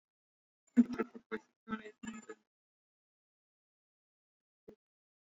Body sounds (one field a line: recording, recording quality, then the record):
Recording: counting at a fast pace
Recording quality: poor, much background noise or distortion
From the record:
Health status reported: healthy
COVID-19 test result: negative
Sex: male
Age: 33 years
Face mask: worn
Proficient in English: yes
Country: India